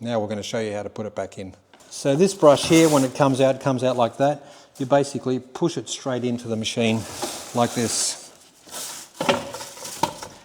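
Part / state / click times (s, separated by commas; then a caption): main broom brush into sweeper broom tunnel / seated / 10.0 s. A man talks while the cylindrical main brush of a GTS1450 ride-on floor sweeper is pushed straight into the machine's broom tunnel. A duller contact sounds at 9.2 s, then a sharp hit at 10.0 s as the brush locks into place.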